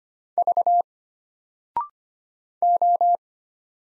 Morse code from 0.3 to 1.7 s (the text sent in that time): V